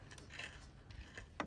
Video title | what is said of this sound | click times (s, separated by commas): Hiboy S2 MAX ▏Cruise Control, 40 Miles of Travel | I guess this is like this. There's your click. | 1.4 s